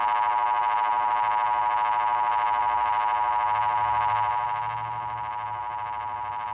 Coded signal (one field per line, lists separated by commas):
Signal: Emergency Alert System (SAME) tones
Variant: 853 and 960 Hz attention tone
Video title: EAS 4#